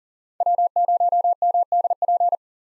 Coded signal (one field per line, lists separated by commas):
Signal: Morse code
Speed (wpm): 40 wpm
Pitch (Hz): 700 Hz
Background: none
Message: W0MDP